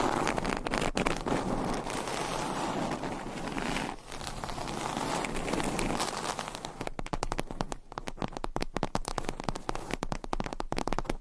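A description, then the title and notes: Scratching and tracing across a surface make a dense, rough scraping for the first seven seconds, with a brief break near the four-second mark. After that, the sound turns into quick, irregular taps and clicks that continue to the end. ASMR Surface Scratching - Tapping - Tracing.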